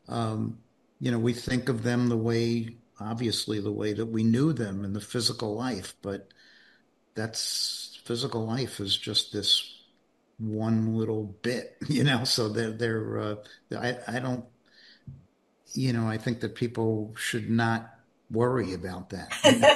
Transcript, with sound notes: you know, we think of them the way, obviously the way that we knew them in the physical life, but that's... Physical life is just this one little bit, you know? (laughs) So they're, they're, uh, I, I don't... You know, I think that people should not worry about that.